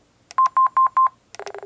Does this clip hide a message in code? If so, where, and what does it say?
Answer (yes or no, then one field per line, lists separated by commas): no